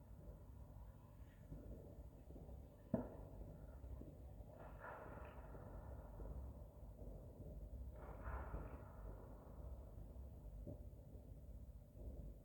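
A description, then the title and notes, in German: New Year's Eve fireworks: a steady low rumble runs throughout, with one sharp bang near three seconds and a fainter pop around eleven. Two brief brighter bursts, around five and eight seconds, rise above the murmur, possibly breathy voices or whooshes. Silvesternacht: Feuerwerk und Freude.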